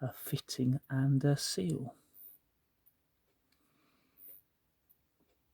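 Someone talks briefly. Then a glued plastic key fob part is handled against the new plastic key fob cover shell for a Rover 75, with quiet rustling and faint short ticks near 2.9 s and 4.9 s. Nothing has seated or clicked home yet.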